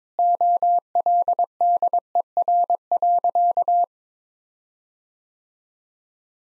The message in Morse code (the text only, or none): OLDER.